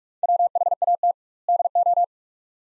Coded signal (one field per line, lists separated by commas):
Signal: Morse code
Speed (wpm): 45 wpm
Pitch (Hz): 700 Hz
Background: none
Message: WHAT DO